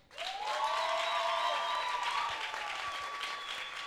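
Audience applause swells quickly and holds steady, a dense wash of clapping with cheering and a few whistle-like tones riding over it, fading slightly toward the end.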